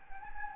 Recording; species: mosquito wingbeat signal from an infrared sensor; Anopheles gambiae